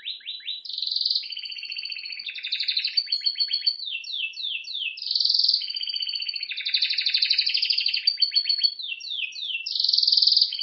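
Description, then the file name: Canary sings a long varied song, alternating rolling buzzy trills with runs of rapid sweeping chirps, almost without pause. "Canary Voice"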